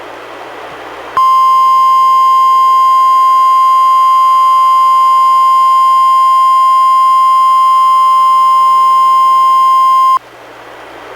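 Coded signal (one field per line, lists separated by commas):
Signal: Emergency Alert System (SAME) tones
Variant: 1050 Hz attention tone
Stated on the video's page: NOAA Weather Radio weekly test relayed by a Portland-area NWR station, recorded directly from a Reecom R-1630 weather radio to computer via USB.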